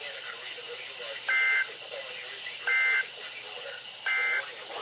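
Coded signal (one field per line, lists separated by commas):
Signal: Emergency Alert System (SAME) tones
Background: speech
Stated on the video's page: Required Weekly Tests on NOAA Weather Radio stations WXL39, KIH28 and KZZ31, Mount Holly NJ office.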